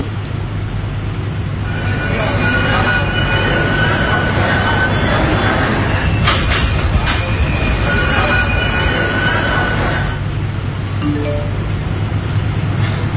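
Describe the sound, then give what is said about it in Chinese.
A Beijing subway train heading toward Sihui station, terminating at Sihui East, rumbles steadily from inside the carriage, a constant low roar and hum with high whining motor tones rising and fading, plus a brief sharp clack midway and faint indistinct voices. “本京地铁西湖号线，列车开往四惠站方向，终点站是四惠东站。”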